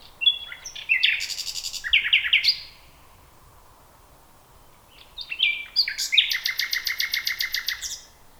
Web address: nachtegaal luscinia megarhynchos